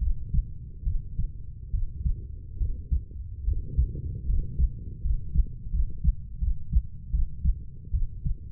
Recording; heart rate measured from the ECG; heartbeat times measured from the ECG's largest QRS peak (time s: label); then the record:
heart sounds by stethoscope; 76 bpm
0.84 s: heartbeat
1.71 s: heartbeat
2.58 s: heartbeat
3.45 s: heartbeat
4.27 s: heartbeat
5.02 s: heartbeat
5.71 s: heartbeat
6.39 s: heartbeat
7.11 s: heartbeat
7.91 s: heartbeat
From the record:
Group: healthy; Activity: rest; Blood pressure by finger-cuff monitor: 131/54 mmHg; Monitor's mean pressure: 76 mmHg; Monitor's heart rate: 75 bpm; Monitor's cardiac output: 9 L/min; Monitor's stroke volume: 122 mL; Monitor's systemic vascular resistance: 620 dyn s/cm5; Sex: female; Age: 32 years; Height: 168 cm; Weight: 61.9 kg